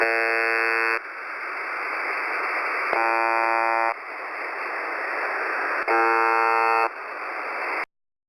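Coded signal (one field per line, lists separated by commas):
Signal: channel marker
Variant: UVB-76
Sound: three harsh one-second buzzes separated by radio hiss, then silence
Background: radio static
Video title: (Old video) weird noise from uvb 76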